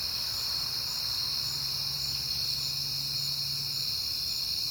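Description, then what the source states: Crickets keep up rapid, shrill chirping throughout as a brief low droning hum passes beneath for a couple of seconds. Crickets at night in September on a peaceful night, with cars passing by.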